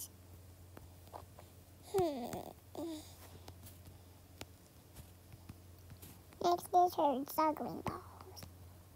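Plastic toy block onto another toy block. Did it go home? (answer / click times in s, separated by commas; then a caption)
no / none. Plastic stacking toy blocks are handled as one plastic toy block is brought toward another to be pressed together, with small sharp handling ticks scattered through the clip over a steady low hum. Someone talks in short bursts around 2 and 6.5 to 8 seconds. Nothing has seated or clicked yet.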